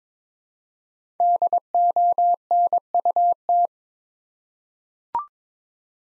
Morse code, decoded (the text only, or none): DONUT